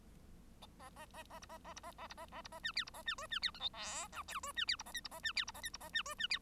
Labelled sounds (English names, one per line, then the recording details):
Bengalese Finch song
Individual Bird1